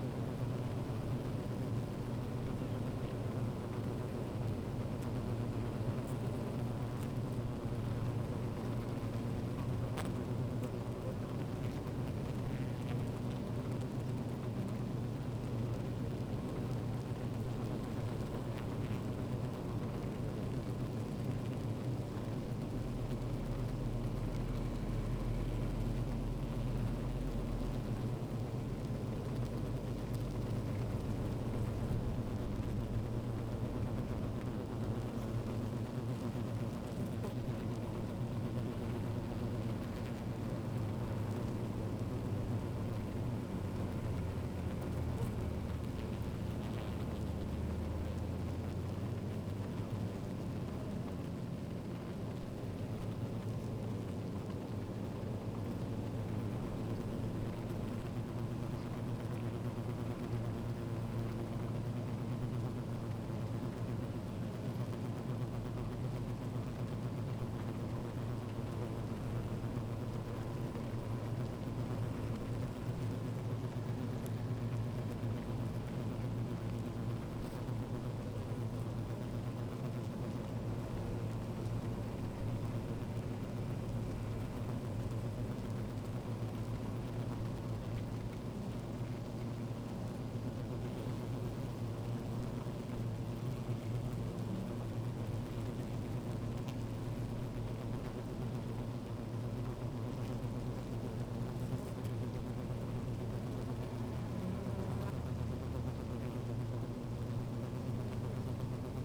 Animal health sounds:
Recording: honeybee colony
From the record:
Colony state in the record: active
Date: 28 July 2017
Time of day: 15:26

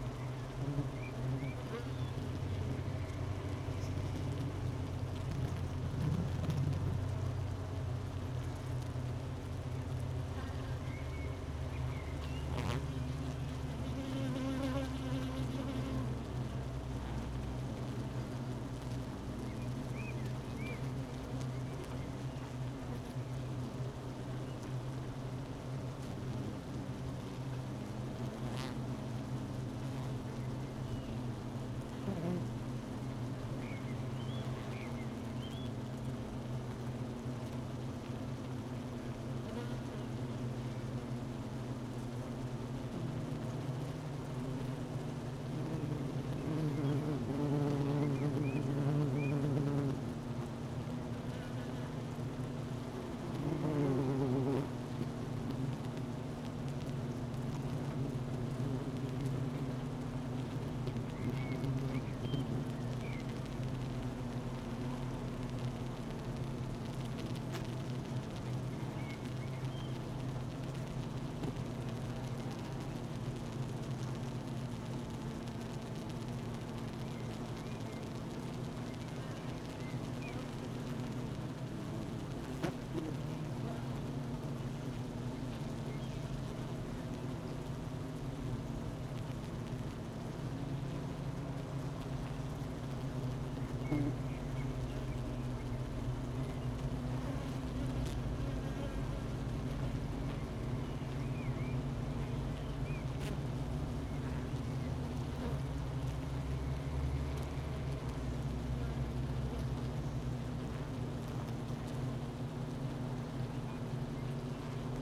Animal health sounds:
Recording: honeybee colony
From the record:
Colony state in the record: missing queen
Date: 31 May 2018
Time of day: 12:48

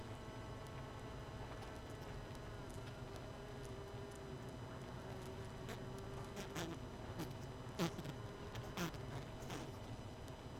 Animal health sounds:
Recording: honeybee colony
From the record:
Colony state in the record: missing queen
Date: 31 May 2018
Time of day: 22:20

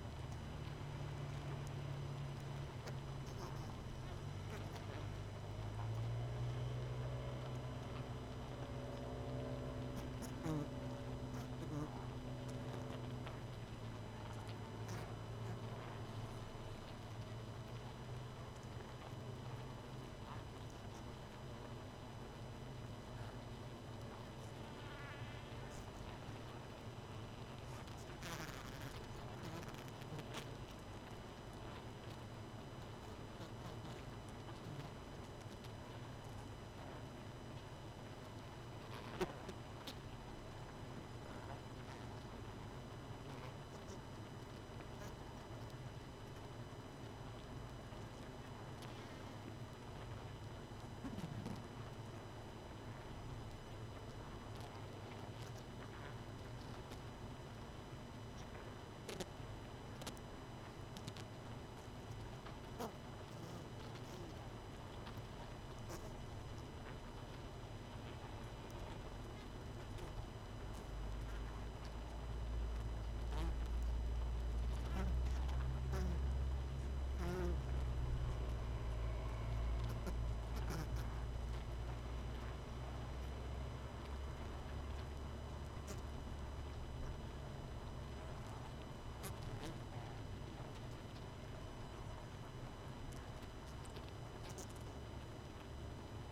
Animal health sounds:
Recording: honeybee colony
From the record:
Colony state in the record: missing queen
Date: 31 May 2018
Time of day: 23:03

